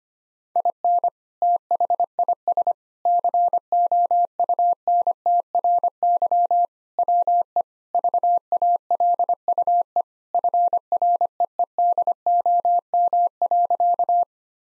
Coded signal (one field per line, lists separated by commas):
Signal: Morse code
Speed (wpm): 25 wpm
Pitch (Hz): 700 Hz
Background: none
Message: IN THIS COUNTRY WE VALUE FREEDOM.